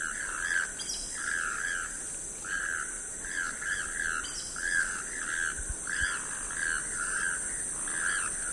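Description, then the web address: Choco toucan croaking calls, hoarse notes delivered in irregular bursts of about one per second, while insects hiss steadily in the background. "sound choco-toucan. صدای-پرنده-توکان-چوکو"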